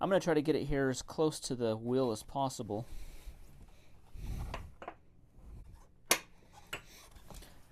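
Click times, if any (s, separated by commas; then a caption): 6.1 s. Someone talks, then handles the spring-loaded metal end fitting of a retractable ratchet strap, pushing it into a steel E-track rail on a trailer near a UTV wheel. A few soft knocks and scrapes come before a sharp metallic click at 6.1 s as the fitting locks into the rail, and a lighter tap follows. The strap end is seated in the rail.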